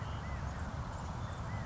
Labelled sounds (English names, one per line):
California Quail